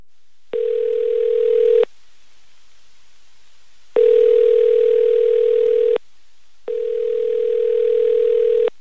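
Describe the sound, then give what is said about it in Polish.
A telephone ringback tone purrs three times, each steady, mid-pitched buzz lasting one to two seconds, separated by short silent pauses, as radio morning programme hosts place a call. No one speaks. “No to dzwonimy.”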